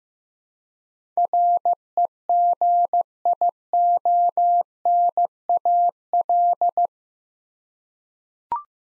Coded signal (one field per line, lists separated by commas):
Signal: Morse code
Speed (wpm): 15 wpm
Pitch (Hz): 700 Hz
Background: none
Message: REGIONAL